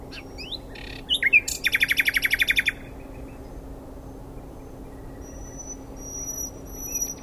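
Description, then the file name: Common nightingale song: a few sharp chips, then a fast rattling trill of repeated notes lasting over a second, followed by quiet high thin whistles. "Luscinia megarhynchos"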